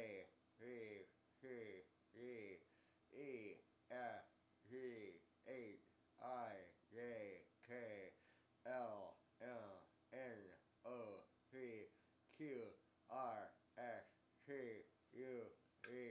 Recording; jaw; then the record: letters of the alphabet, spoken; constrained by a bite bar between the teeth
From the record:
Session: first day, right after the free take